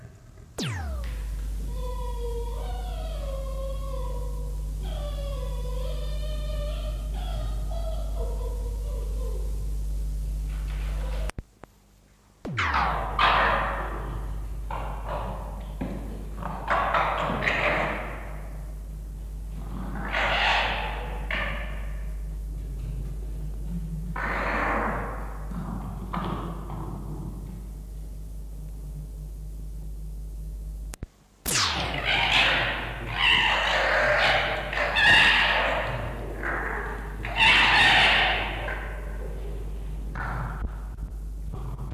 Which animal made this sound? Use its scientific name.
Vulpes vulpes